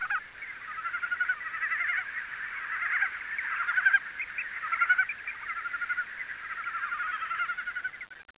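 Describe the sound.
Frog calls, a dense chorus of overlapping rapid trills that swell and fade over about eight seconds.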